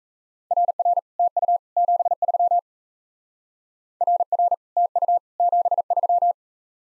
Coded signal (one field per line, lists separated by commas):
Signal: Morse code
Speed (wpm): 37 wpm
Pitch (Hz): 700 Hz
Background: none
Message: RR TU 73 RR TU 73